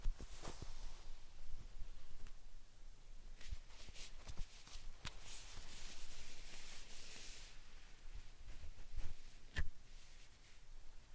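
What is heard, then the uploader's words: Slime and sand being handled, giving soft hissy rustles and crackly bursts that come and go through the clip. Sharp clicks and pops stand out around the half-second, five-second and nine-and-a-half-second marks, over a low, steady rumble underneath. Satisfying Slime Sand Triggers.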